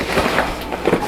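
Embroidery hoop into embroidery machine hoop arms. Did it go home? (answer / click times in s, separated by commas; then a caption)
no / none. An embroidery hoop holding a bag is handled at the embroidery machine's hoop arms, with two short knocks at about 0.4 s and 1.1 s over low background noise. Nothing has seated or clicked yet; the hoop is not yet clamped home.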